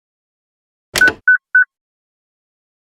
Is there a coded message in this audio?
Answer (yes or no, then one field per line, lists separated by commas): no